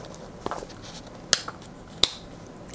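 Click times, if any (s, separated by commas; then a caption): 1.3 s, 2.0 s. A leather handbag's clasp is closed onto the bag flap after everything has been put back inside. Soft handling rustles come first, then two sharp snaps at 1.3 s and 2.0 s. The clasp shuts securely with a good snap.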